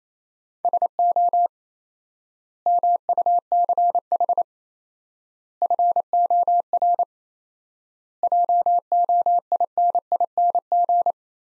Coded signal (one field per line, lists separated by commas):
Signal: Morse code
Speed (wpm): 27 wpm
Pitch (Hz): 700 Hz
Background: none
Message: SO MUCH FOR JOINING